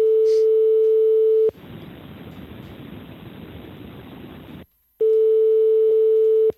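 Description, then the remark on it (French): A steady, mid-pitched telephone dial tone of an outgoing live call at 21:29 to the Le Mans area sounds, gives way to about three seconds of loud hissing noise and a brief silence, then resumes at the same even pitch. “On appelle en direct 21h29, c'est parti.”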